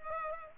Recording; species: mosquito wingbeat signal from an infrared sensor; Culex pipiens